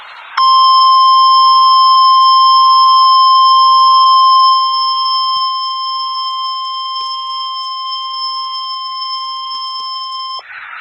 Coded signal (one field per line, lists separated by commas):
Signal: Emergency Alert System (SAME) tones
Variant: 1050 Hz attention tone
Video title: EAS 139 - Severe Thunderstorm Warning in Arkansas